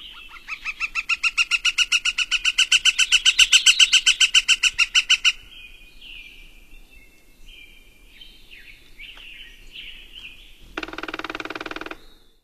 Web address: Songs of Birds of North America Stokes. Northern Flicker